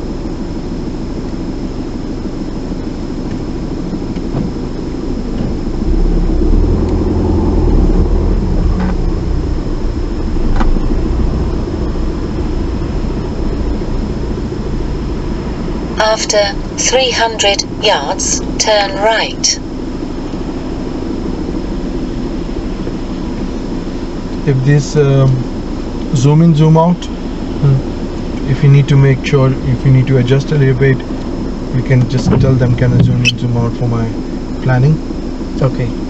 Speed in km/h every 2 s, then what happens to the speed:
0, 0, 2, 10, 6, 6, 3, 2, 0, 0, 0, 0, 0, 0, 0, 0, 0, 0.
0-4 standing. 14-36 standing.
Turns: none.